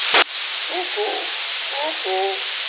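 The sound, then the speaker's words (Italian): An owl hoots in two short bursts of paired, mid-pitched notes, heard over a steady hiss that follows a sharp click at the very start. “Cucù, e qualcuno che ascolta il cucù. Guffetta. La guffetta, questo qui, sì.”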